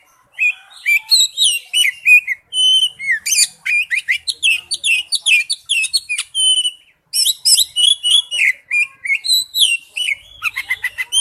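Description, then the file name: Oriental magpie-robin song: continuous, lively phrases of clear whistles, quick slurred notes and chattering trills, with few pauses. "Tieng chich choe than"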